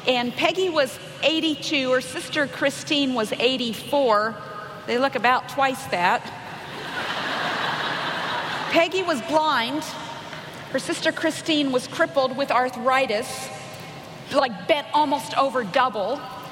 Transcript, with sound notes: Peggy was eighty-two, and her sister, Christine, was eighty-four. They look about twice that. (laughter) Peggy was blind. Her sister, Christine, was crippled with arthritis—like bent almost over double.